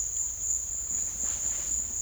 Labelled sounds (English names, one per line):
none